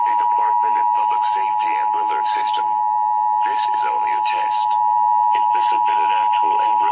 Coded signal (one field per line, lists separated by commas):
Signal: Emergency Alert System (SAME) tones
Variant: 853 and 960 Hz attention tone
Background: speech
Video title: Mississippi Required monthly test on WKOZ and Comcast Cap live